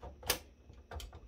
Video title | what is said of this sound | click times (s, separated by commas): Maintenance on my storage array. Replacing a failed drive. | there we go locked | 0.3 s